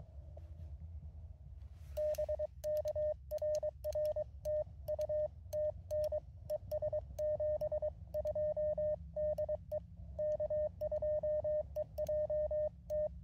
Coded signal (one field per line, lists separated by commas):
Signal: Morse code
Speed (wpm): 23 wpm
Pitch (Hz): 610 Hz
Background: none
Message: BK RR TU TN ES 72 DE K2EJT